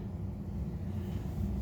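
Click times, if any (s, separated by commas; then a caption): none. A plastic valve retaining clip is slid toward place behind the 1/4-turn valve cartridge in a valve port on an Uponor EP polymer water manifold; the clip keeps water pressure from pushing the valve out once the water is turned back on. Only a steady low-frequency rumble is heard with no sharp hits, and nothing has clicked or seated yet.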